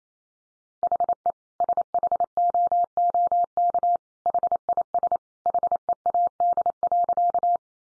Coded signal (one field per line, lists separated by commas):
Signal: Morse code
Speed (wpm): 28 wpm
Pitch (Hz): 700 Hz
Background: none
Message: HE SHOOK HIS HEAD.